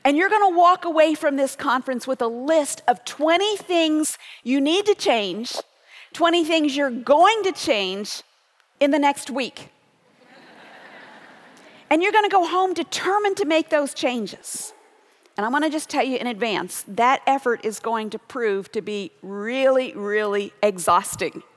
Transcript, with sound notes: You’re going to walk away from this conference with a list of twenty things you need to change—twenty things you’re going to change—in the next week! (laughter) And you’re going to go home determined to make those changes! I’m going to just tell you in advance, that effort is going to prove to be really, really exhausting.